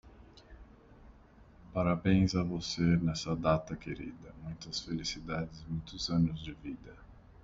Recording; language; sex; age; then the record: short text; Brazilian Portuguese; male; 40 to 49 years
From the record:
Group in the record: control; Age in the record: 42 years